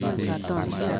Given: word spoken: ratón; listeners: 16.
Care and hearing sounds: one Spanish word in noise, from a listening test; eight-talker babble; -2.3 dB; 2 of 16; 6 of 16; 0.60 s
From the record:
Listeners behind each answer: 6, 5, 2, 1, 1, 1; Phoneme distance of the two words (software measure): 17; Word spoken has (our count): 2 syllables, 5 phonemes, stress on syllable 2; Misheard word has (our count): 2 syllables, 6 phonemes, stress on syllable 2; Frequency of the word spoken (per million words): 11.77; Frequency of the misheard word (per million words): 11.53

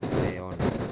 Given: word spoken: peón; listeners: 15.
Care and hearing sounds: one Spanish word in noise, from a listening test; noise modulated by one talker; -8.4 dB; 3 of 15; 9 of 15; 0.52 s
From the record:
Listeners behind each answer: 9, 3, 1, 1, 1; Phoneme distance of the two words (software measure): 10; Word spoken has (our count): 2 syllables, 4 phonemes, stress on syllable 2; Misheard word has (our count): 2 syllables, 4 phonemes, stress on syllable 2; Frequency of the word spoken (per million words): 4.20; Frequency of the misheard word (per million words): 69.09

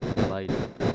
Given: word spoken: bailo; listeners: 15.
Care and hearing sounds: one Spanish word in noise, from a listening test; noise modulated by one talker; -7.1 dB; 1 of 15; 8 of 15; 0.55 s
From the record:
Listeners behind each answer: 8, 1, 1, 1, 1, 1, 1, 1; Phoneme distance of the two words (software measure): 10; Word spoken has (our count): 2 syllables, 5 phonemes, stress on syllable 1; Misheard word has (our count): 2 syllables, 5 phonemes, stress on syllable 1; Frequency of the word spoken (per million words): 0.70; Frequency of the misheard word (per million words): 28.87

